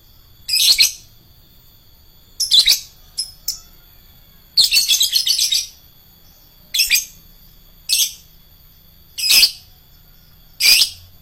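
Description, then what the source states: Lovebird calls of shrill chirps and one rapid stuttering burst, delivered unevenly with short gaps. Adult fighter-type lovebird.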